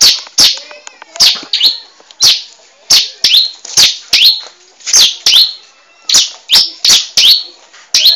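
Bar-winged prinia song of bright, strident high notes that slide downward, repeated in an uneven series with short gaps.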